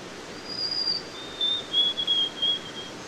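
White-throated sparrow song: a sustained higher whistled note, then a lower pure whistle broken into several rapid repeated notes, over soft steady background noise.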